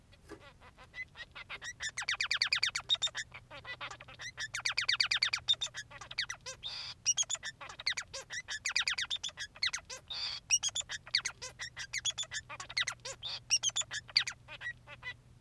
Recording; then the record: song of a male Bengalese finch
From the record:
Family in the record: son of father 3